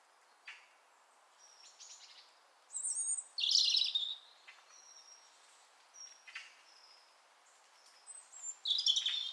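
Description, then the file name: European robin singing high, silvery warbled phrases with thin sustained whistles between them, over a steady low background hiss. "Erithacus rubecula"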